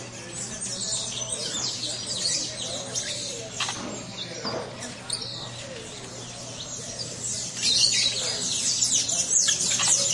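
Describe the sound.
Finch calls, a busy chatter of sharp high chirps from several birds, growing a little louder toward the end over a faint low hum.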